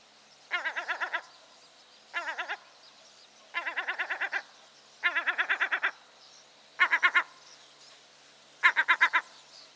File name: Goéland leucophée (Larus michahellis) - Alarmes gutturales